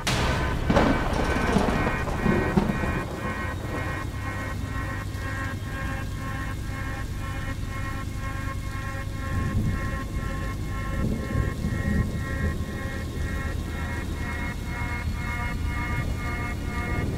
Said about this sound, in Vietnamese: Mưa bắt đầu nặng hạt.